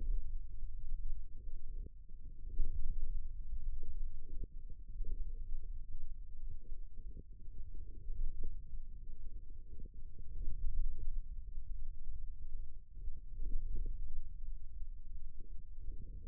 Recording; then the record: forearm muscle sounds (acoustic myography)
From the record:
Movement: forearm supination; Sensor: system 1, eight BSWA MPA416 microphones around the upper forearm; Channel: 6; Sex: male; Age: 28 years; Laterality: right